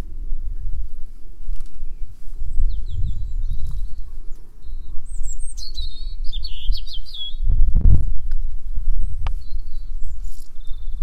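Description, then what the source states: European Robin song: thin, high warbled phrases with quick wavering notes over steady low wind rumble and a brief thump. Singing while defending its patch among fields and hedgerows.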